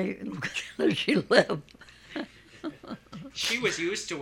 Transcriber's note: she laughs